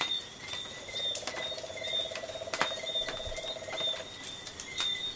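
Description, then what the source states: Tree frog giving a steady rattling trill of rapid pulses for a few seconds, amid frequent ticking clicks and faint high-pitched insect tones. Coastal night soundscape of tree frogs together with insects.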